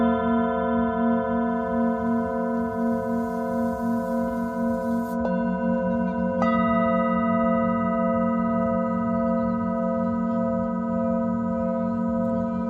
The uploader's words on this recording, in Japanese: メキシコから シンギングボウルのサウンドヒーリング ライブ。